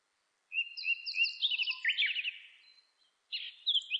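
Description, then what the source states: Japanese thrush song: a long run of bright whistled and warbled notes that slides and trills, then a brief gap before a new phrase starts. Recorded 26 April 2006.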